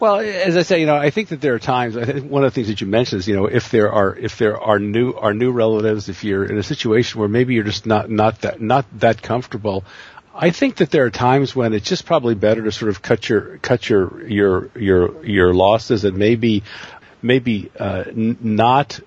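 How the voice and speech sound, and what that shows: A man with a low voice talks at a conversational pace, breaking into repeated words and syllables: 'if the, if the', 'not that, not that', and a stalled 'cut your, cut your… yer, yer, yer losses'. These repetitions with short pauses are typical of stuttering.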